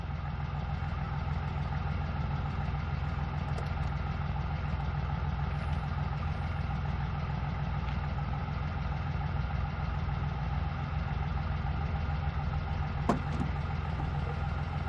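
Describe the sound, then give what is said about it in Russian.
A car engine hums steadily on a road at night, a dense low rumble with a faint mechanical knock, unbroken for the whole stretch, with one brief sharp tick near the end. “Черноволосый парень едет по ночной дороге, слушает музыку, подпевает.”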